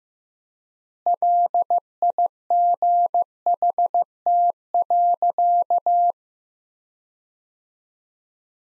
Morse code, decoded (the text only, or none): LIGHT.